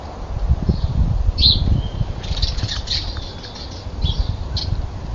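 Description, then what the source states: Common nightingale song: sharp chirps and a brief whistle, then scratchy rattling notes in quick succession, with low thumping noise underneath. Several nightingales recorded while fighting.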